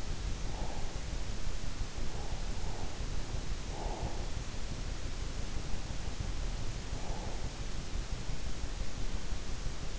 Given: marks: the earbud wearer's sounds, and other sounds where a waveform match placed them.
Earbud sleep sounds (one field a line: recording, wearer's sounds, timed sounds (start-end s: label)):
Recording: sounds in sleep by an in-ear microphone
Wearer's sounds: breath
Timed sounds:
0.00-1.03 s: breath
1.88-4.86 s: breath
6.75-7.79 s: breath